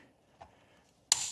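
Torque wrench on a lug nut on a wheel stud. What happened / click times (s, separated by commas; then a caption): The torque wrench clicked at its set torque / 1.1 s. A torque wrench tightens a lug nut on a wheel stud of a Trans Am style wheel, with the lug nuts done in a crisscross pattern and the car lowered so the tires barely touch the ground. After near silence and a faint soft sound at about 0.4 s, the wrench gives a sharp click at 1.1 s as it reaches its setting, followed by a second brief sharp transient at about 1.3 s. The nut is confirmed torqued to the setting.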